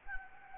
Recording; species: mosquito wingbeat signal from an infrared sensor; Anopheles gambiae